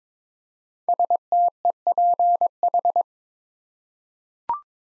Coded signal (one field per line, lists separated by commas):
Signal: Morse code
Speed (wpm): 22 wpm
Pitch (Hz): 700 Hz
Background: none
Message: STEPH